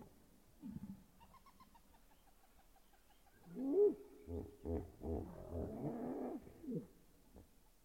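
Hippopotamus grunting: a faint low sound first, then a run of deep, pulsed honking grunts lasting about three seconds.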